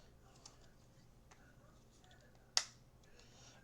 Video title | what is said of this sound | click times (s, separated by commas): 09/16/25 Lego Star Wars Rebuild the Galaxy week Jedi Bob's Starfighter and Force Burner Snowspeeder | Okay. And the wing snaps into place. | 2.6 s